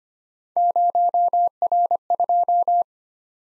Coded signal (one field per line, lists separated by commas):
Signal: Morse code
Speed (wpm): 25 wpm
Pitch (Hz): 700 Hz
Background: none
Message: 0R2